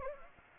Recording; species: mosquito wingbeat signal from an infrared sensor; Anopheles gambiae